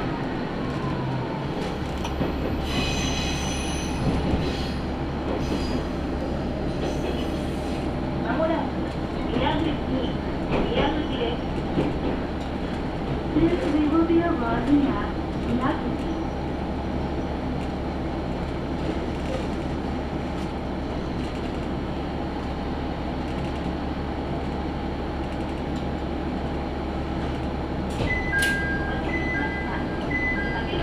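A ride on the Tenryu Hamanako Railway between Kanasashi and Tenryu-Futamata: a steady low rumble of the railcar rolls on throughout, with a constant deep drone underneath. Faint voices and clunks surface now and then, and a few short bright beeps sound near the end.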